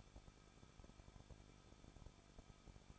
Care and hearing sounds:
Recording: daily activity, microphone in the room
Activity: no activity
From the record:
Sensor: 5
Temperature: 20.7 degrees Celsius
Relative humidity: 38.6%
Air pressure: 1006.4 hPa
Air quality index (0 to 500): 192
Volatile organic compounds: 21 ppm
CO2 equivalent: 2715 ppm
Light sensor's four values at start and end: 2/3/1/1 and 2/3/1/1

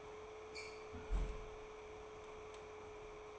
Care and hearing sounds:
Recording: daily activity, microphone in the room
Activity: close fridge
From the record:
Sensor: 1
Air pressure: 1004.6 hPa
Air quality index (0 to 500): 193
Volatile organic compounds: 16 ppm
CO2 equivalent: 2561 ppm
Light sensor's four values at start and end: 4/10/4/4 and 4/10/4/4

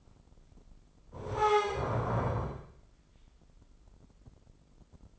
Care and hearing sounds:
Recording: daily activity, microphone in the room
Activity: stand up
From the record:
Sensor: 5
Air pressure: 996.1 hPa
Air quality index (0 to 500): 245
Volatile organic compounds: 469 ppm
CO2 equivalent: 4777 ppm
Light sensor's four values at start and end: 158/378/160/174 and 158/378/159/174

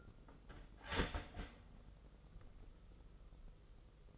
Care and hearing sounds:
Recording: daily activity, microphone in the room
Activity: start toaster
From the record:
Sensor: 4

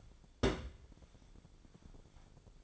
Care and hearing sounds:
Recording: daily activity, microphone in the room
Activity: place on stove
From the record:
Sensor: 5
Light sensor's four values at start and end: 306/687/309/354 and 288/669/293/330

